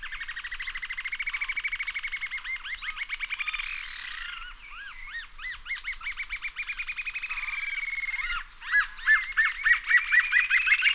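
Green-tailed jacamar calls: long rapid trills and strings of high, slurred notes from more than one bird overlap, broken by brief pauses, with sharp high chips mixed in.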